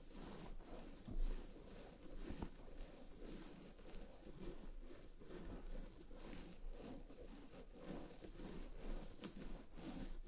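A scalp being massaged and hair brushed, with steady soft rubbing and scratching strokes, frequent crisp bristly bursts, and a brief louder rustle near one second.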